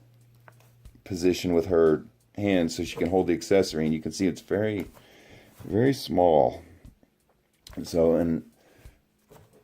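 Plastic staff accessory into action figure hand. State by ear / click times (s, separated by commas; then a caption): not seated / none. Someone talks while handling a very small plastic staff accessory next to the open hand of a Star Wars Rey action figure from the Rey's Speeder (The Force Awakens) set, with a few faint handling ticks under the speech. Nothing has seated or clicked yet; the clip ends before the staff snaps into the figure's hand.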